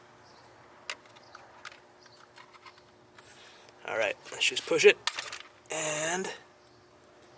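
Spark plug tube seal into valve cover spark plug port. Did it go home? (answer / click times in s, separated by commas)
no / none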